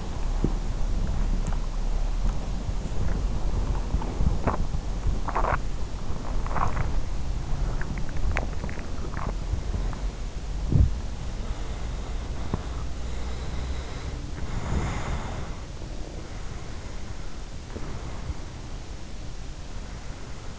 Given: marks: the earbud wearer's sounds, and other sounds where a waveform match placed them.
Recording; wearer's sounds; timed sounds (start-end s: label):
sounds in sleep by an in-ear microphone; body movement, teeth grinding, breath
0.00-20.59 s: body movement
4.31-10.16 s: teeth grinding
10.60-11.05 s: sound from someone else or the room
12.92-15.73 s: breath
16.45-18.50 s: breath